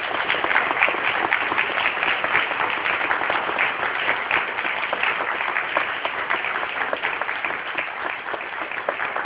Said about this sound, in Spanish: Un fuerte aplauso, sí, por favor.